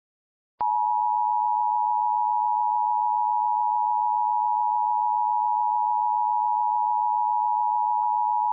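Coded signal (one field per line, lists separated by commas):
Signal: Emergency Alert System (SAME) tones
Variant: 853 and 960 Hz attention tone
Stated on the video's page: Mock alert containing valid EAS tones.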